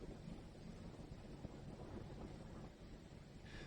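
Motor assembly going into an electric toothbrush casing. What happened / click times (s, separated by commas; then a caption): The motor assembly is lined up in its casing, not yet seated / none. A Philips Sonicare electric toothbrush motor assembly, with both push buttons facing up, is lined up with the clips and slots of its plastic casing before being pushed down. Only a steady, broadband low rumble and hiss is heard, with no distinct sudden sounds. Nothing has seated or clicked yet.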